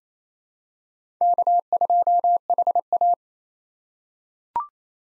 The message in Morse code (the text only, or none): K2HA